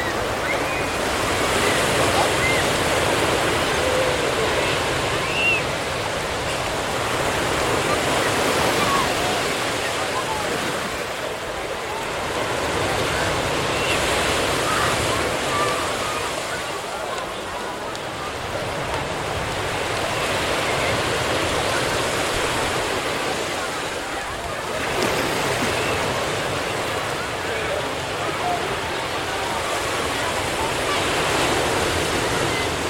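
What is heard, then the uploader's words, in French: A busy summer beach, with a dense, steady wash of surf and crowd murmur filling the scene. Waves swell and recede in slow cycles roughly every eight seconds, and scattered voices from beachgoers surface over the constant rushing background. Plage estivale. Plage de sables chaud.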